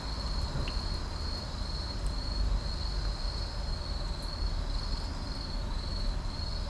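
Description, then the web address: Insects at night: a continuous high-pitched trill with a slight rhythmic pulsing, laid over a heavy low rumble. At night in an urban park. "boom library Urban and Suburban Urban park night insects"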